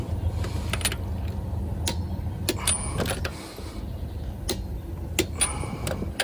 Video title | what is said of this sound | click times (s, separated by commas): Replacing the rear shocks on my 2020 Hyundai Palisade | Hear the click. Then you reached the torque capacity that you set. | 5.2 s